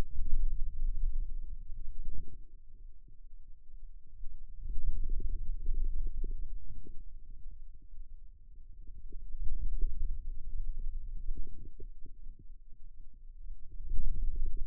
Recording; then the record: forearm muscle sounds (acoustic myography)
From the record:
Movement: finger pinch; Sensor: system 2, bracelet of six BSWA MPA416 microphones around the upper forearm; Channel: 5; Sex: male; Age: 22 years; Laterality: right